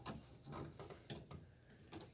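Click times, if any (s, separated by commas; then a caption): none. A color print head cartridge is pushed toward the plastic carriage holder of a Canon Pixma G3200 Mega Tank printer with the locking lever open. Soft rubbing and scraping handling noises are broken by brief sharp taps near 0.8, 1.1, 1.9 and 2.0 seconds. Nothing has seated or clicked into place yet.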